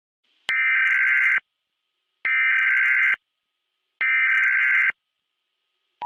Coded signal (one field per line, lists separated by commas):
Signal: Emergency Alert System (SAME) tones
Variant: header bursts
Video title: EAS Scenario/Analog Horror - Tartarus (Halloween)